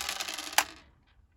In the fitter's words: and it drops the bombs and then snaps back into place.